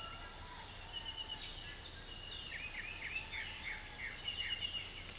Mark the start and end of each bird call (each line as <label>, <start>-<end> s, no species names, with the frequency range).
bird call (0.4-1.0 kHz), 0.00-1.39 s
bird call (1.3-3.4 kHz), 2.48-4.61 s